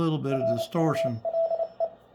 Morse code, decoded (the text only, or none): RULE